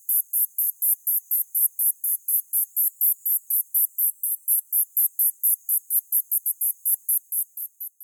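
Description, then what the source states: Terlingua cicada singing a rapid series of brief, very high buzzing pulses, slightly irregular and fading near the end. Recorded at Terlingua, Texas, United States; filtered recording.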